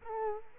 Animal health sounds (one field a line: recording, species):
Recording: mosquito wingbeat signal from an infrared sensor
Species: Culex quinquefasciatus